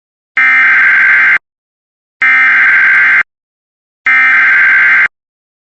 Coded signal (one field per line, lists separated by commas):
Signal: Emergency Alert System (SAME) tones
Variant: header bursts